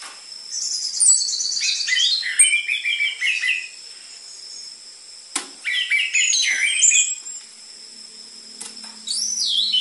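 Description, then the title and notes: Orange-headed thrush song: rapid descending warbled series, a pause, then another chattering burst and a final whistled phrase; faint high tone underneath. Energetic (gacor) song used as a lure (pikat) and dense filler material for tutoring caged spotted (trotol) orange-headed thrushes. "PANCINGAN Anis Merah Gacor Materi Isian Rapat Cocok Untuk MASTERAN Anis Merah TROTOL. pikat"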